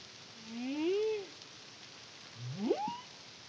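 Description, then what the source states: Humpback whale song with a smooth arching moan followed by a steep upward sweep into a brief high tone. Caribbean, CARIMAM project, 2023.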